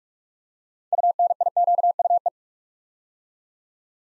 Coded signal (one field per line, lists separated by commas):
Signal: Morse code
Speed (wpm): 44 wpm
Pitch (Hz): 700 Hz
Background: none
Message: UNIQUE